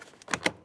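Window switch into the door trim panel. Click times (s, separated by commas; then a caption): 0.3 s, 0.5 s. A window switch module for a 2000-2006 Chevrolet Tahoe is put in position and slid up into the opening of the door trim panel. Two sharp clicks are heard at 0.3 s and 0.5 s as it snaps in, followed by a faint tick near the end. The switch is seated securely in the door panel.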